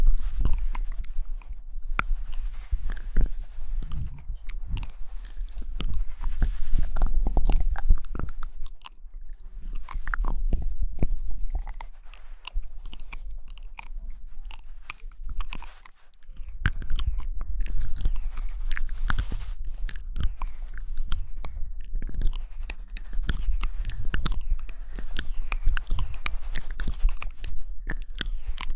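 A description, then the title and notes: Wet mouth sounds: chewing, crunching and small clicks packed densely for the whole stretch. The bursts are quick and irregular, with busier spells around 5 to 9 seconds and after 17 seconds, and a brief near-silent pause just before 16 seconds. Mouth Sounds.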